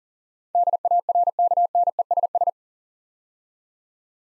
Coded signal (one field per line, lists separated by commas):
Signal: Morse code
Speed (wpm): 41 wpm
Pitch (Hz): 700 Hz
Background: none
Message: DARKNESS